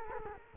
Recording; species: mosquito wingbeat signal from an infrared sensor; Culex quinquefasciatus